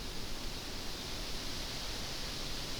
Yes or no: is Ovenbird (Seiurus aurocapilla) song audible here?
no